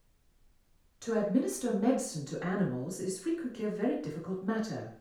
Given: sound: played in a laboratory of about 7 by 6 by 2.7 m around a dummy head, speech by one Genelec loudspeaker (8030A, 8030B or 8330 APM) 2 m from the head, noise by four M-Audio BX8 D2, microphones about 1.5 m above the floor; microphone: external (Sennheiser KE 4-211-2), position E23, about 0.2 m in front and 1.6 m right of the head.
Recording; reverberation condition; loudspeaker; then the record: female speech in English; medium; 30 degrees to the left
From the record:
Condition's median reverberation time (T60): about 510 ms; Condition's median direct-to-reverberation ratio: about -0.5 dB